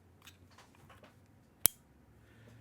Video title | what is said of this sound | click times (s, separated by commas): Check out this BLING! The Diplomat Aero Rhomb Chrome is Here! | It's got a great click. Hold on just a sec. I'll let you hear it. | 1.7 s